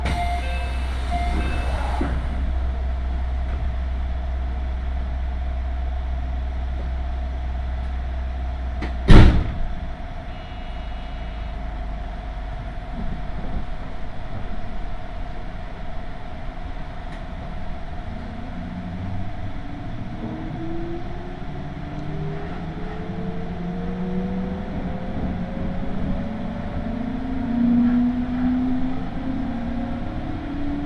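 Inside a train on the Tokaido Main Line, a steady low rumble runs throughout with a constant hum. A sharp clack stands out around nine seconds, and from about eighteen seconds rising motor whine tones climb and swell, peaking near twenty-eight seconds.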